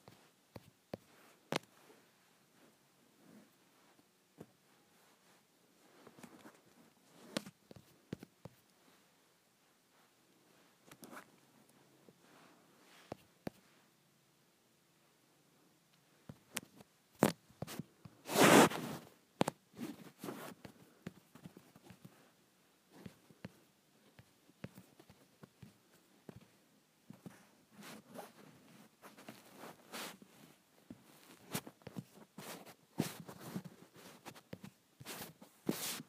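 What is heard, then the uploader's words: A phone being rubbed makes irregular scratchy brushing strokes, sparse early, then denser after the midpoint, with one loud scrape near eighteen seconds. ASMR Rubbing my Phone.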